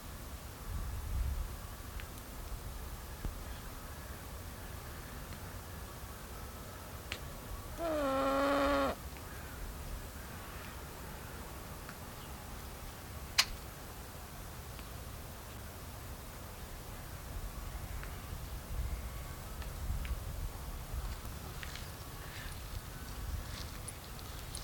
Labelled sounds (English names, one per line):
White-necked Laughingthrush call